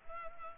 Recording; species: mosquito wingbeat signal from an infrared sensor; Culex pipiens